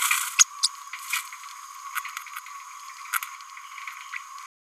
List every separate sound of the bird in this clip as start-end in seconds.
0.38-0.44, 0.63-0.68, 1.95-2.00, 3.13-3.18